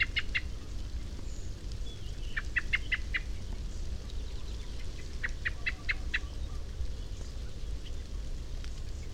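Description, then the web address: Common blackbird giving several quick runs of hard, metallic chinking notes over a constant low background rumble. "SETE data Turdus merula"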